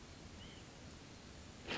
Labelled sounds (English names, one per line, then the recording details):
White-breasted Nuthatch
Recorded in Sonoma County, California